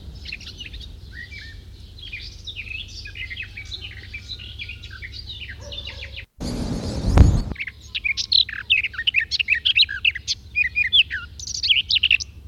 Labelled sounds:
Garden Warbler (Sylvia borin) song

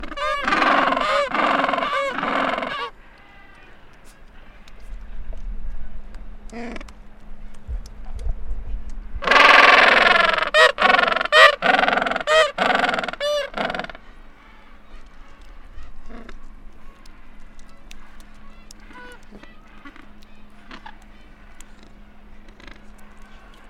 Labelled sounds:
Gentoo Penguin (Pygoscelis papua) call

